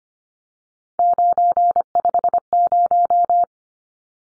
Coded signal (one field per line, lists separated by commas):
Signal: Morse code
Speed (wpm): 25 wpm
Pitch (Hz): 700 Hz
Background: none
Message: 950